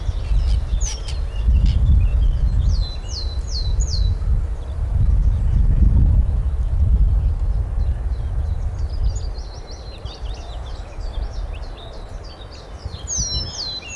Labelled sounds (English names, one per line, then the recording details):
Willow Tit song
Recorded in the wild
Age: adult
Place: Malchower Aue, Berlin, DE
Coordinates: 52.5808, 13.4886
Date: 1990-04-15
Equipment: Riporter 6 RG-K, Halbspur, Sennheiser MKH 416 T
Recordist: Frommolt, Karl-Heinz